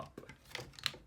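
A plastic panel on a Transformers Studio Series 35 Leader Class Jetfire action figure is tapped into its slot during transformation, with a few light plastic ticks around 0.3, 0.6, 0.8 and 1.1 seconds. The loudest sharp click, at 0.9 seconds, is the part seating in place.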